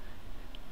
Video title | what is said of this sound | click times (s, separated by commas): SYMA X8C Venture Quadcopter Drone Unboxing and Assembly | That will snap into place. | 0.6 s